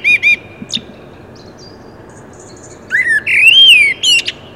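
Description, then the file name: Common blackbird song: brief high notes, then a smooth warbling fluted phrase rising and falling, ending in a sharp high twitter. "Turdus merula"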